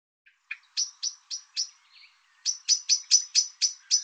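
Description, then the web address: Bird repeating sharp, high chirps about four times a second, a short pause with a soft lower note, then a louder, steadier run of chirps. Sound labelled "Tu Me Tu Me". "cianscape birddata Deverinetal 2025 Bird Tu Me Tu Me"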